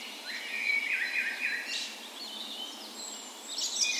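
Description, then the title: Dawn chorus of songbirds, a warbling phrase then scattered high chirps and whistles from several birds, with gentle background noise. Spring dawn chorus, morning of 17 May, Norway's National Day, in a park west in Bergen, Norway; recorded with Sony PCM A10 and LOM micro Usi microphones as tree ears. "17th Of May Dawn Chorus"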